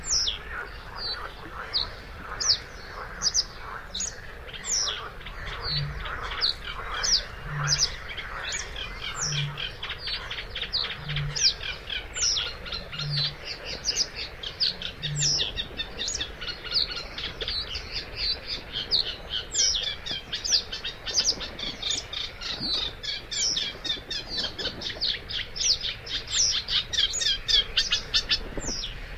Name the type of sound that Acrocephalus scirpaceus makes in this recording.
song